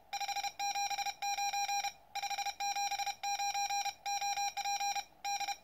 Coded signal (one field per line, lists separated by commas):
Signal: Morse code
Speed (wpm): 31 wpm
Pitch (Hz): 810 Hz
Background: none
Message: 579 579 OP D